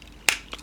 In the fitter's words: and slide that forward, and it's going to slide all the way until this piece locks into place.